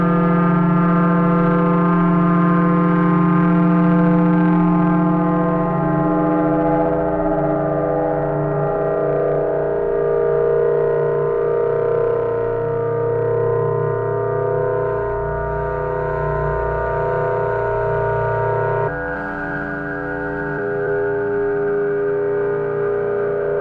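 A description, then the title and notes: Processed sine tones stack into a dense, sustained drone of many steady pitches, with a strong low hum underneath. The blend shifts slowly, the lower tones swelling and fading, until an abrupt change near 19 seconds resettles the chord a little higher and brighter. Raw processed sine tones. Most of it done in AudioMulch...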